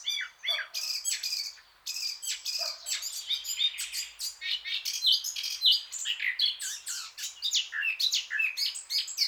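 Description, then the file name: Eurasian blackcap song, a continuous, hurried stream of harsh and sweet notes with barely any pauses. "Sylvia atricapilla"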